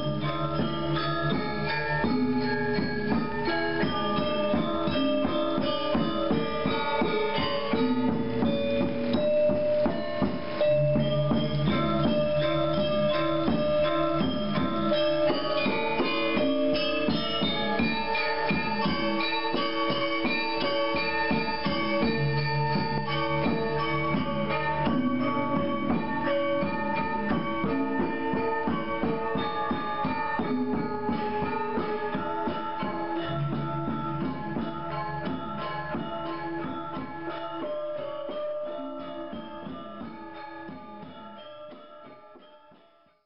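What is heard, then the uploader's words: A gamelan orchestra practices, dense ringing metal tones and steady low gongs layering continuously before fading out in the final seconds. Indonesia - gamelan orchestra. A local Gamelan orchestra practices in Ubud on the island of Bali, Indonesia.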